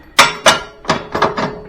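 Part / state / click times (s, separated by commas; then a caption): mower deck lift linkage into tractor mount / seated / 0.2 s. A mid-mount mower deck's lift linkage is fitted up into its mount on a compact tractor and seats with a loud metal thunk at 0.2 s, followed by a second strong knock near 0.5 s. Softer knocks follow at about 0.9, 1.2 and 1.4 s. The linkage is locked into place.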